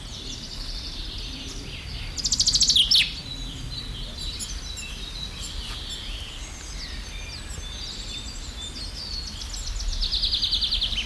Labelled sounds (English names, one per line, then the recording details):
Common Chaffinch
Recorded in the wild
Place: Mühlenbeck, Brandenburg, DE
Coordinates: 52.67, 13.38
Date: 1996-04-28 14:47
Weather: heiter-wolkig, 17°C
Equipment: Sony MD-WM MZ-R3, Sennheiser MKH 416 T, Kopie Uher 4000 Report Monitor
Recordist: Tembrock, Günter